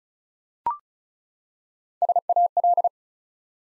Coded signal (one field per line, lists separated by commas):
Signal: Morse code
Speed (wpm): 36 wpm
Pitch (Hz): 700 Hz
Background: none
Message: SAL